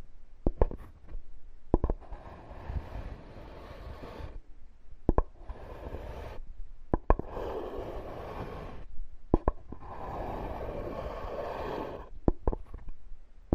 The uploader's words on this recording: This episode is Wood Scraping.